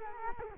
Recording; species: mosquito wingbeat signal from an infrared sensor; Culex quinquefasciatus